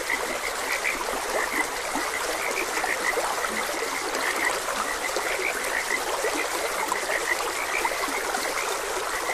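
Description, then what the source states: Frog chorus of quick, repeated notes set against steady babbling water. Frogs croaking beside a gentle stream.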